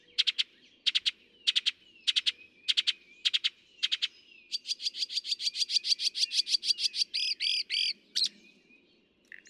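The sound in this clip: Northern mockingbird song: sharp chirps repeated about twice a second, then a fast rattling run of notes, ending with a few rich, rounded phrases.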